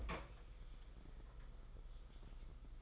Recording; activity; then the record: daily activity, microphone in the room; open fridge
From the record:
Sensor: 5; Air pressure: 991.1 hPa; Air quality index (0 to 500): 114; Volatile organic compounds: 32 ppm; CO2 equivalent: 3000 ppm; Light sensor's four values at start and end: 34/107/41/43 and 34/107/41/43